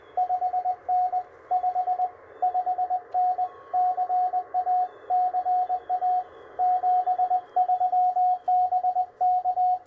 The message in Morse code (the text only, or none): 5N 5 5N CA CA 73BK